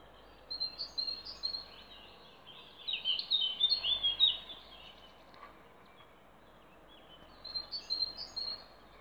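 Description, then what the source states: Songbird song in bursts of rapid high twittering notes, a longer phrase midway, then a pause before another short burst; faint hiss throughout. Recorded 29 April 2020 in Ježdovec scrubland, at Rakitje lake and in Stupnik forest.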